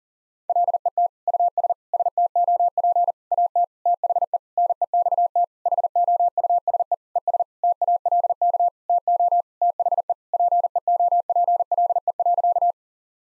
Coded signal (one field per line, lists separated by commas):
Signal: Morse code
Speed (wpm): 37 wpm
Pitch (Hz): 700 Hz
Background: none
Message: LET US STOP AT THE NEXT HOUSE ES TALK TO THE PEOPLE.